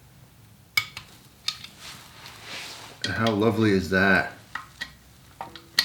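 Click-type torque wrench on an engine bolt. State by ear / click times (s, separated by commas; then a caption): torque reached / 0.8 s. A click-type torque wrench tightens a bolt on a Honda VFR 800 motorcycle engine and gives a sharp click at 0.8 s as it reaches its set torque. Several lighter ticks and taps follow, and someone talks from about 3.0 to 4.2 s.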